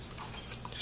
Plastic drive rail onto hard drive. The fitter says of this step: snap it in like that. Right